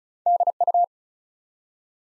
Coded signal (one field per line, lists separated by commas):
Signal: Morse code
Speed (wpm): 36 wpm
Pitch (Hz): 700 Hz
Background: none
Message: DU